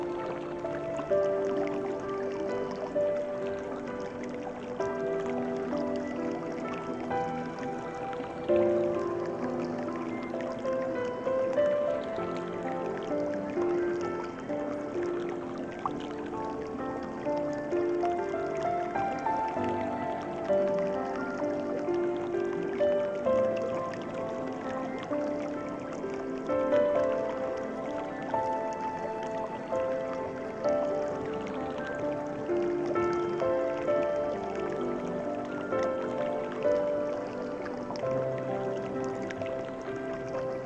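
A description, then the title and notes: Soft, slow music with sustained tones and gentle melodic notes drifting through the middle register, layered over a steady wash of water sound. The level stays even throughout with no sudden events, and nothing reaches into the very highest treble. Peaceful Relaxing Music and Calming Nature Water Sounds.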